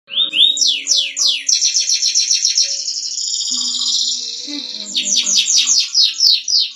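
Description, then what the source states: Canary singing rapid swooping notes, a sustained buzzy trill, then quick repeated falling notes. Champion singing canary.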